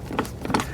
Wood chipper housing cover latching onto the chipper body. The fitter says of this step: And you'll kind of hear it like click down.